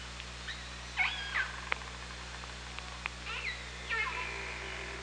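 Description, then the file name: Killer whale calls, several short harmonic squeals and upsweeps spread throughout, with scattered clicks and a constant low hum. Hydrophone recording from OrcaLab, 24 August 2017 at 18:36. "Orca Lab UTLN JASON 20170824 183606"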